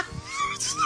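A brief, squeaky gurgle under a second long, with a whining, rising pitch like a faint cry, picked up by a microphone by an adult man's belly. This is loud stomach growling (borborygmi), gas and fluid moving through the gut after eating a whole can of sugar-free cake icing, a normal sound that is usually not this pronounced.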